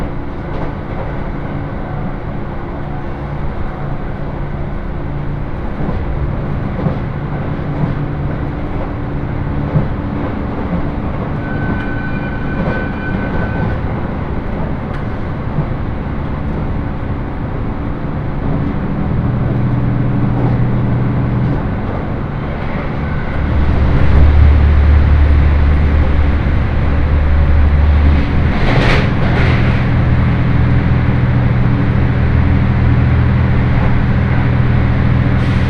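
Inside a Senseki-Tohoku Line rapid train, a steady low rumble of running swells louder near 24 seconds, with a brief squeal around 29 seconds.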